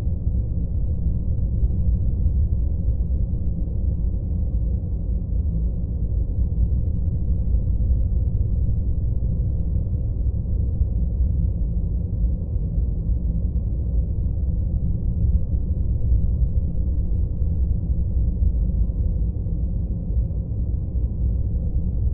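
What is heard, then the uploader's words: A deep, steady noise rumbles without a break, all of it low and dark with nothing bright above. The level holds even from start to finish, with no separate events, only a dense, smooth hiss-like roar resembling an engine drone. White Noise for Studying | 8 Hour Space Sound. This deep white noise sound helps block out distractions.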